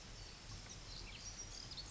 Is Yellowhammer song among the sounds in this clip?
no